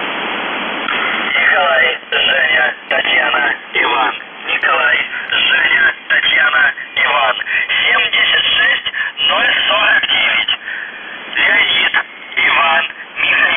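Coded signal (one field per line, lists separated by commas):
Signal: coded military voice message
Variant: UVB-76, Russian voice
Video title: The Buzzer/UVB-76(4625Khz) July 22, 2021 09:15UTC Voice message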